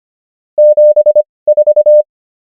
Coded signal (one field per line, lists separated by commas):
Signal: Morse code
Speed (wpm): 25 wpm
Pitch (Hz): 600 Hz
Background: none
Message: 7 4